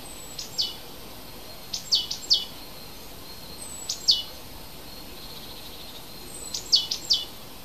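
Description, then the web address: Bird song in short high bursts of quick twittering notes, repeated at intervals over a steady background hiss. Native hedge bird. "oeko hecke vogel februar vogel f 3 1 heimisch"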